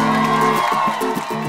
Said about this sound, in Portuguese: Uma salva de palmas pra minha musa inspiradora, gente.